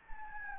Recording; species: mosquito wingbeat signal from an infrared sensor; Anopheles gambiae